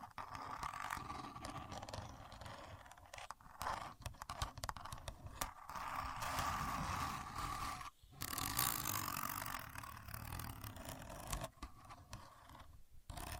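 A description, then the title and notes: A contour gauge being handled, its many thin pins sliding and clicking with a dense, rattling scrape that runs nearly the whole time. Brief silent gaps break it near four, five and a half, eight, and eleven and a half seconds, with a steady low rumble beneath. A Contour Gauge. No Talking.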